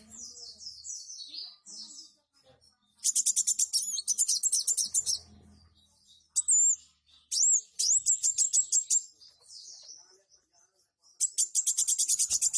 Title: Kolibri Wulung